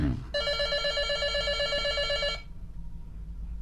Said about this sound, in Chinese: 怎么样？ 好，来电话来了。